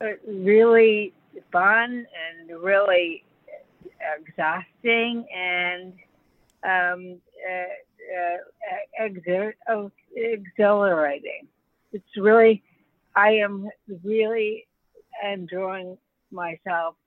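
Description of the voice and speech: Slow, effortful speech with long pauses, fillers and a restarted word, fitting nonfluent aphasia in a woman about 12 years after a severe stroke at age 53 that left her unable to speak and partly paralyzed; she has regained the ability to communicate, with difficulty.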